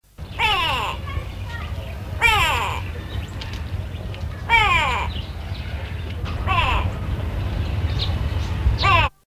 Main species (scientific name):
Corythaixoides concolor